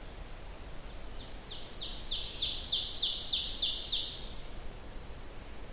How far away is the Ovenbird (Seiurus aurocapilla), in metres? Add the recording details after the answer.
about 30 m. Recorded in boreal forest in Alberta, Canada, on 30 June 2016 at 07:05. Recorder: SongMeter 3, array SBT-6-79. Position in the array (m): 214 m, 19 m. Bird 39